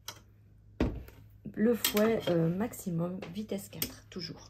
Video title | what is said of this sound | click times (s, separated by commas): PRÉSENTATION du TM7 | nous avons le fouet qui reste à changer hein et qui se clipse comme ceci sur les couteaux. | 0.1 s, 0.8 s